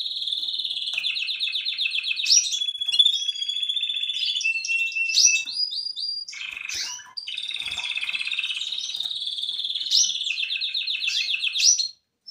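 Canary song: nearly continuous rapid trills and rolling tours, broken by sharp slurred notes, with one short pause midway and silence at the very end.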